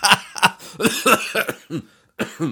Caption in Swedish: Jag är jättehostig just nu, det är att varje gång jag tycker någonting är roligt och börjar skratta, så låter det som att jag typ ska falla ihop och dö för att jag hostar så mycket det är ingen fara, det är bara lite hosta, det kommer gå över.